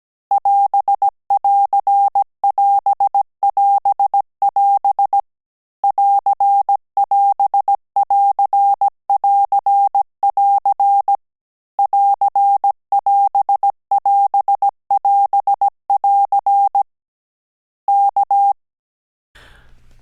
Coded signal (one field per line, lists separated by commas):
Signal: Morse code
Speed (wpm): 17 wpm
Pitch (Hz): 800 Hz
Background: none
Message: <AS><AR><AS><AS><AS> <AR><AS><AR><AR><AR> <AR><AS><AS><AS><AR> K